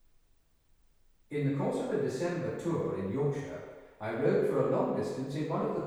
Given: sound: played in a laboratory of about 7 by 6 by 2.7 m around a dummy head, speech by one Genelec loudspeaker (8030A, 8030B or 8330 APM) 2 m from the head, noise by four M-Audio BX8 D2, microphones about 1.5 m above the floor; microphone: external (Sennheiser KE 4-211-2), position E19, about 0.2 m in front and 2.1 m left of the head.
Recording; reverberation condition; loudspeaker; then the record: male speech in English; high; behind (180 degrees)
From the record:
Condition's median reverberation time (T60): about 1300 ms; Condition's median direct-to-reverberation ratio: about -4.0 dB